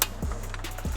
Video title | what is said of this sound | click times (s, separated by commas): How I Made My N54 More Reliable, Faster & Better Looking - E90 335i | snap right into place all | 0.0 s